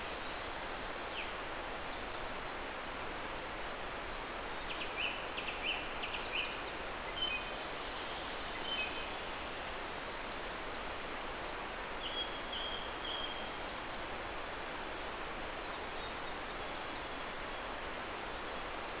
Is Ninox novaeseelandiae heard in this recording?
no